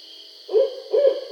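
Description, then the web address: Barred owl giving two short low hoots about half a second apart against a steady high-pitched hiss. Recorded 20 July 2012. "Barred Owl 2012 07 20"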